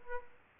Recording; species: mosquito wingbeat signal from an infrared sensor; Aedes albopictus